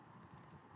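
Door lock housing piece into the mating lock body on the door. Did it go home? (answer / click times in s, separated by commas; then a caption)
no / none. An installer shifts the loosely screwed housing of a dormakaba Saffire LX-I or EVO LZ-I door lock so its piece can slide through into the mating lock body on the door. Only steady, low handling rustle is heard, with no sharp transients. The piece has not popped into place yet, and nothing has seated or clicked.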